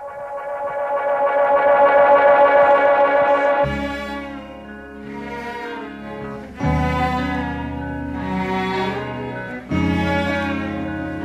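A rock song opens with a swelling, heavily processed sustained tone, then bass and drums crash in with distorted, echoing guitar chords that surge in repeated waves. No voices.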